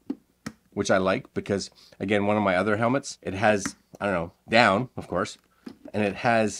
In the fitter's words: nice and easy it's got really nice click points all the way through these are kind of the points that it clicks